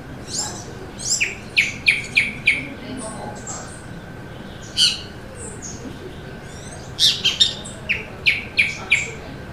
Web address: sound Band-tailed-hornero. صدای-پرنده-هورنرو-دمنواری